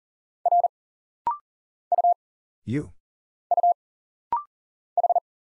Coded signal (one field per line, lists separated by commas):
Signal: Morse code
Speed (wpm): 40 wpm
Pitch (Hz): 700 Hz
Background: none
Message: R U U H